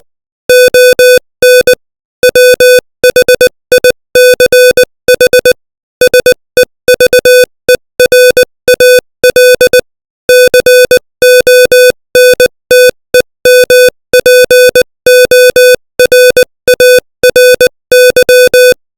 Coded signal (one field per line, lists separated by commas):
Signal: Morse code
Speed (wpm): 20 wpm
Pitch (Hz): 500 Hz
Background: music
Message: ON WHICH SEVERAL CONTEMPORARY